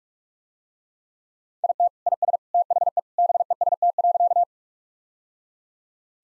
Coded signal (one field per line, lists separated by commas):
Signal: Morse code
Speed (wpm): 42 wpm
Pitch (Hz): 700 Hz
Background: none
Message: IT IS THE BEST.